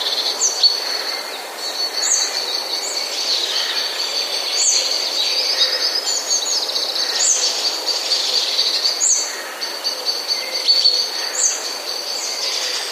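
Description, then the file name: Hawfinch calls: sharp, high, clipped ticks at irregular intervals over a steady high-pitched hiss. "grubodzioby"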